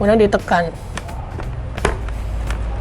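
Someone talks as the visor of a Nolan touring helmet is lined up on its left and right side pivot mounts and pressed in. Several small clicks follow, and the sharpest snap at 1.9 s is the visor locking into its side mount, confirming it is seated.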